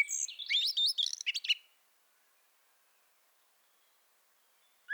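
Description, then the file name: Eurasian blackbird song phrase: a short burst of fluty notes rising into squeaky twitters, followed by several seconds of silence. "Turdus merula"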